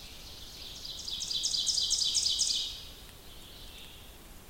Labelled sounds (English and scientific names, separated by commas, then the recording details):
Ovenbird (Seiurus aurocapilla) song
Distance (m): 30 m
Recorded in boreal forest in Alberta, Canada, on 2 June 2016 at 08:20
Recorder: SongMeter 3, array SBT-3-7
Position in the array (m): 23 m, 135 m
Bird 4